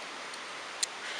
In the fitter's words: Got our scissors, which you do need to make sure you push all the way up to lock in place.